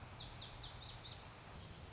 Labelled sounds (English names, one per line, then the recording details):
Lazuli Bunting
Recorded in Sonoma County, California